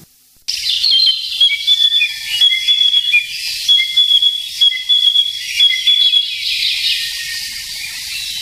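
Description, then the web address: Narcissus flycatcher song of clear whistled notes at different pitches, starting abruptly after a brief silence, over steady hiss. "sikioto. kibitaki"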